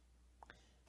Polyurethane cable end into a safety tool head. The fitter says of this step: push in until it clicks